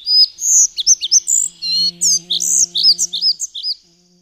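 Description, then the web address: Collared flycatcher song: a lively string of high, sharp, varied chirps and whistled slurs about two or three per second, with a faint low steady hum in the middle. "Madardalok. Örvös légykapó"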